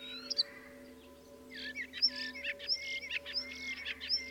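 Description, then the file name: Common starling song, short run of chattering, wheezy notes with high whistled squeaks, fairly quiet. "life dviete. sturnus vulgaris"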